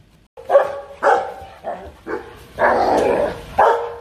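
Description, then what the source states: Dog giving a few sharp barks, then one longer, rough bark before a final sharp bark. Dog barking fiercely.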